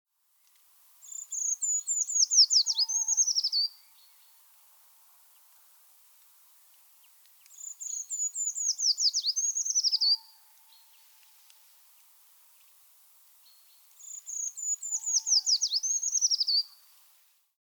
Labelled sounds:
Eurasian Treecreeper (Certhia familiaris)
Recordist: Frommolt, Karl-Heinz
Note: Gesang Im Hintergrund: Kranich

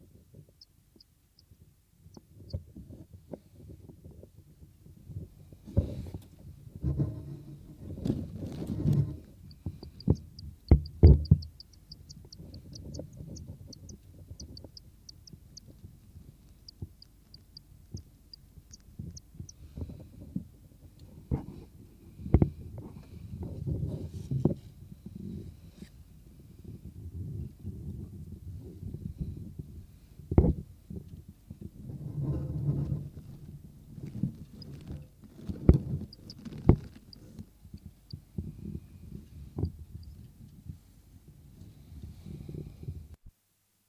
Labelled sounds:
Western Bonelli's Warbler (Phylloscopus bonelli) call
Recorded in captivity
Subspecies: bonelli
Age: juvenile
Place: Zoologisches Institut Universität Tübingen, Baden-Württemberg, DE
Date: 1972-06-12 19:30
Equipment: Nagra III PH, Kugelmikrophon (wahrs. MD 211 )
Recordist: Füger

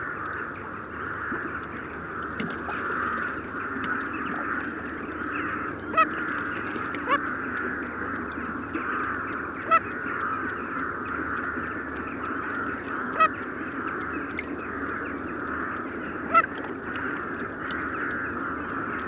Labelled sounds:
Long-tailed Duck (Clangula hyemalis) call
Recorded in the wild
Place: Putbus, Insel Rügen, Mecklenburg-Vorpommern, DE
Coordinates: 54.343, 13.5
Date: 1976-03-06
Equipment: Nagra III BH, Sennheiser MD 21, parabola
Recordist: Schubert, Michael
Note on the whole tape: Warnrufe eines Eiserpel, dann einer Eisente

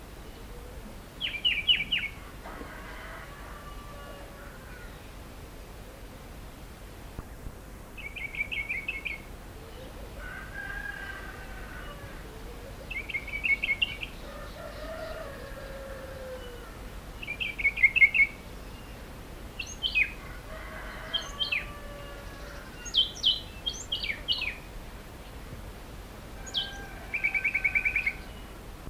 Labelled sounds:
Grey Tit (Parus afer) call
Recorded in the wild
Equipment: Halbspur, 9,5 cm/s
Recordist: Lütgens, Hans
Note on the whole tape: Rufe

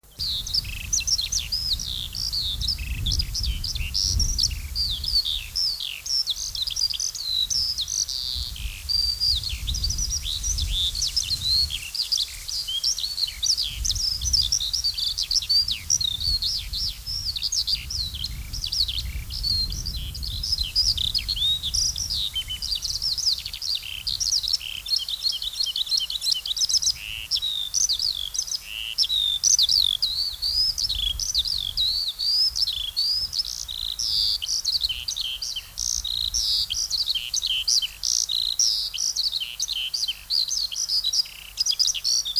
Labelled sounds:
Eurasian Skylark (Alauda arvensis) song
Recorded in the wild
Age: adult
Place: Summt, am Buchenberg, Brandenburg, DE
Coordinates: 52.695, 13.3594
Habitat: wetland
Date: 1999-06-20 15:10
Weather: fair, 22 - 24°C, wind
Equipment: Sony WM-D6C, Sennheiser MKH 416 T, Kopie Uher 4000 Report Monitor
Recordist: Tembrock, Günter
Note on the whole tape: Anderes Exemplar (am Boden): Gesang, sehr gut! Anfangs noch etwas Wind, dann sehr gut

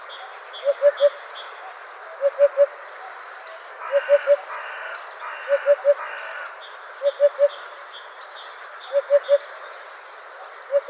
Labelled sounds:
Eurasian Hoopoe (Upupa epops) song
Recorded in the wild
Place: Kalmückensteppe bei Senseli, RU
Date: 2006-05-21
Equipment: MiniDisc Sharp MT 20 H
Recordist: Schwarz, Dieter
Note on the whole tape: Song

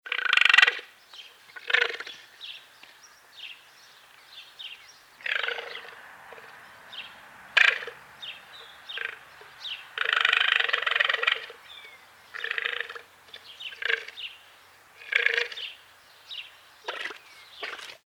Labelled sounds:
Llama (Lama glama)
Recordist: Tembrock, Günter
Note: Laute beim agonistischen Kontakt

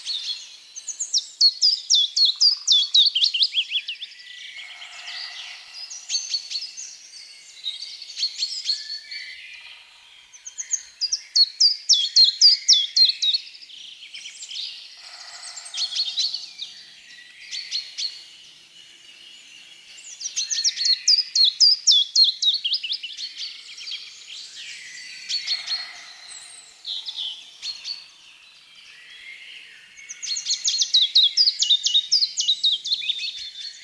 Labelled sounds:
Common Chiffchaff (Phylloscopus collybita) song
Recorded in the wild
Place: Waltershofen / Freiburg im Breisgau, Baden-Württemberg, DE
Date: 2003-04-06
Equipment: MiniDisc Sharp MT 20 H, Sennheiser MKH 816
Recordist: Schwarz, Dieter
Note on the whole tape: Song

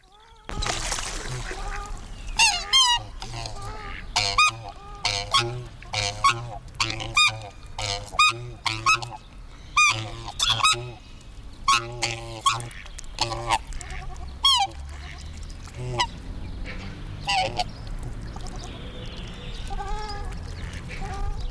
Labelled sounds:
Black Swan (Cygnus atratus) call
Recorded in the wild
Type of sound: call
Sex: pair
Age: adult
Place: Dahme/Mark, Brandenburg, DE
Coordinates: 51.87, 13.43
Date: 1995-04-29 17:50
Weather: heiter, 14°C
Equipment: Marantz CP 430, Sennheiser ME 80, Kopie Uher 4000 Report Monitor
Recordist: Tembrock, Günter
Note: Schloßpark und Tiergehege: Paar - Lautfolgen, er mit dunkler Stimme

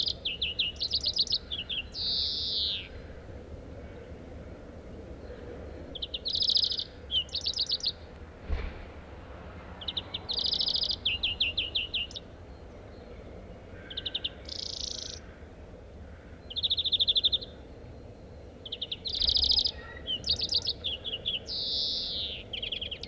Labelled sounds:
European Greenfinch (Chloris chloris)
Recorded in the wild
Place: Wuppertal, Nordrhein-Westfalen, DE
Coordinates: 51.23, 7.2
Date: 1995-04-20
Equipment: Sony WM-D6C
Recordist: Skiba, Reinald

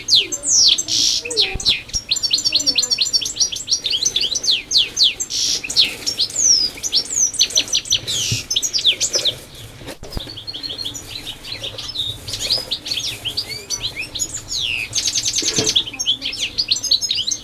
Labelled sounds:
European Goldfinch (Carduelis carduelis) song
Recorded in the wild
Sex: male
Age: adult
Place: Feldberg - Koldenhof, Mecklenburgische Seenplatte, Mecklenburg, DE
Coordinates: 53.3325, 13.3433
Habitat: lime
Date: 1976-06-25 13:40
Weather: sunny, slightly hazy, 19°C
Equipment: Uher CR 210, Sennheiser MD 421 HL, Verstärker, Reflektor, Kopie Uher 4200
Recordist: Tembrock, Günter

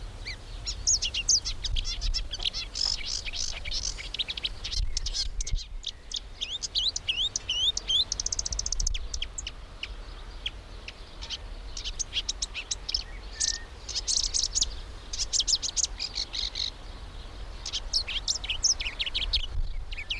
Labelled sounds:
Marsh Warbler (Acrocephalus palustris)
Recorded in the wild
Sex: male
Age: adult
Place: Blankenfelde, Berlin, DE
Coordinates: 52.645, 13.395
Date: 1992-05-30 10:40
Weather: sonnig, 19-23°C, böiger Wind
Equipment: Marantz CP 430, Sennheiser ME 80, K 30 AV, Kopie Tesla B 116
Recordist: Tembrock, Günter

